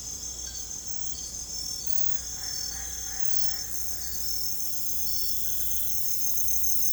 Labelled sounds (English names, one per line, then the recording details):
none
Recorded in secondary vegetation near Puerto Asís, Putumayo, Colombia, on 18 December 2024 at 00:00
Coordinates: 0.468, -76.324
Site G095